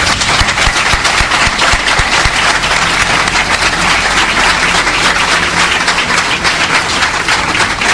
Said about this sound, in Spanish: Por todo ello, les expreso mi felicitación y de igual modo, como agradecimiento, pido un aplauso personal para cada uno de ellos.